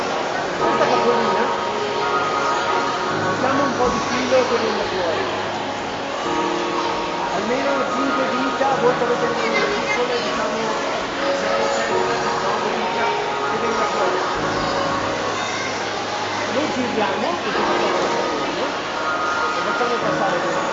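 A shopping centre during a soap-bubble workshop, full of commotion: many overlapping voices chatter and call out steadily for the whole stretch. Children's higher voices rise now and then above the crowd, and a low hum runs underneath, swelling around three and fifteen seconds.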